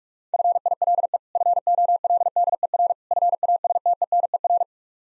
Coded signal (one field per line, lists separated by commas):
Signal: Morse code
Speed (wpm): 45 wpm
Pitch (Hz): 700 Hz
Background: none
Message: FILE FOLDER FASTENER